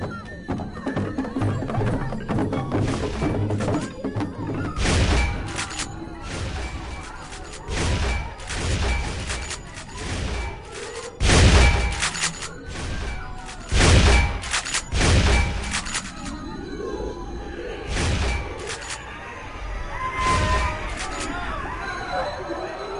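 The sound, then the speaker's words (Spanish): Loud, sharp gunshots and heavy thuds of blows burst out irregularly over a restless crowd hubbub as police armed with firearms charge into a horde of about a hundred celebrants, in a chaotic brawl with people fleeing. “Hubo furiosos golpes, disparos y huidas.”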